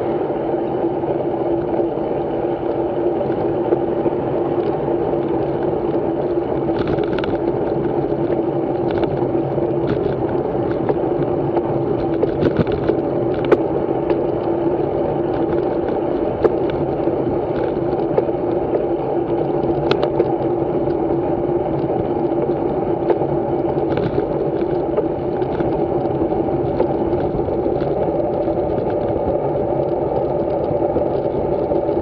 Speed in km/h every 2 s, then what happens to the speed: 26, 29, 23, 25, 22, 28, 30, 29, 30, 31, 30, 32, 33, 35, 34, 37.
0-32 speeds up to 37.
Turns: none.